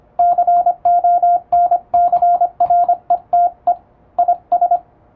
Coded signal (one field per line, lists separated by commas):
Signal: Morse code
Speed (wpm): 25 wpm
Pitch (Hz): 700 Hz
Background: radio noise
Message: CONCRETE IS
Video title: モールスを高速に打つには！？エレキーを使用するとモールス符号が高速で打てます！欧文モールス符号を打ってみました！YouTubeの再生速度を調整して聴いてみよう(morse code practice)